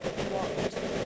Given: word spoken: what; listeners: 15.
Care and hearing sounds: one English word in noise, from a listening test; noise modulated by three-talker babble; -6.6 dB; 3 of 15; 10 of 15; 0.66 s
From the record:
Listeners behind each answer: 10, 3, 1, 1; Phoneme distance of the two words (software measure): 7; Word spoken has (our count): 1 syllable, 3 phonemes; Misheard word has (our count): 1 syllable, 4 phonemes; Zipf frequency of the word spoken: 6.78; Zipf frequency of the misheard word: 4.48

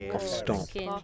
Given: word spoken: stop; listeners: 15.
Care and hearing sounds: one English word in noise, from a listening test; four-talker babble; 0.6 dB; 6 of 15; 7 of 15; 0.64 s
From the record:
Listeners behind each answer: 7, 6, 1, 1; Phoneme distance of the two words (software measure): 7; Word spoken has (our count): 1 syllable, 4 phonemes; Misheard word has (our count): 1 syllable, 5 phonemes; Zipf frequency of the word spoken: 5.55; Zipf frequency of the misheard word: 3.50

